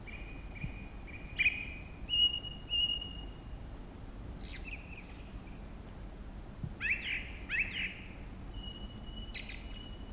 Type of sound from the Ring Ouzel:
song